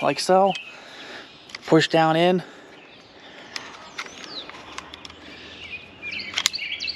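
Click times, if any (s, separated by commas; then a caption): 6.5 s. Someone talks while a partly loaded en bloc clip is pushed down into the magazine well of an M1 Garand rifle, with a hand held over the operating rod because the last round does not give the usual click. After a few small taps, the bolt goes home with a sharp metallic hit at 6.5 s, and the clip is seated with the round chambered.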